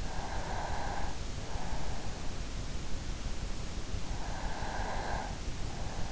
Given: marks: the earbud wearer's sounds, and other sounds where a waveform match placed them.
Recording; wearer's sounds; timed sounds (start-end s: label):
sounds in sleep by an in-ear microphone; breath
0.09-2.32 s: breath
4.09-5.81 s: breath